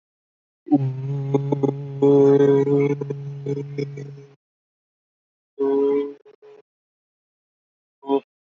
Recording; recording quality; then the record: sustained vowel as in boot; excellent, no background noise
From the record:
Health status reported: healthy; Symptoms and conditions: cough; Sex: male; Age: 26 years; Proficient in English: yes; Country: India